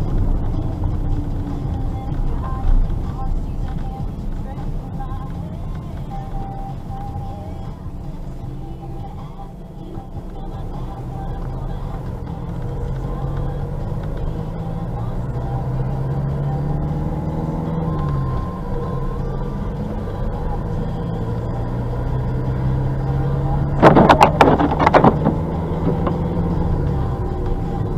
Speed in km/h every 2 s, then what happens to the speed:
30, 25, 16, 8, 4, 9, 12, 13, 19, 23, 31, 37, 42, 42.
0-8 slows to 4. 8-28 speeds up to 42.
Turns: 8-13.